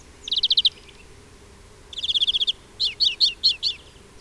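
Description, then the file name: Greenfinch calls: two quick rattling trills, then five separate bright chirps spaced evenly in a row. "Chloris chloris"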